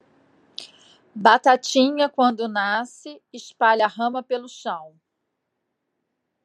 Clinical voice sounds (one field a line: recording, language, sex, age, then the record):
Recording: short text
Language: Brazilian Portuguese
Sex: female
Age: 50 to 59 years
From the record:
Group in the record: control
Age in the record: 56 years